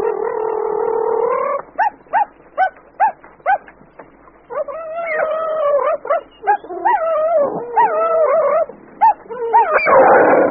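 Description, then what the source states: Cheetahs yowling and snarling while fighting, with long wavering whines broken by a run of short sharp yelps, then overlapping rising and falling cries ending in a harsh scuffle. Five cheetahs battling with tooth and claw over a reedbuck carcass, each fighting for his share, in the bush.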